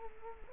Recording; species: mosquito wingbeat signal from an infrared sensor; Culex quinquefasciatus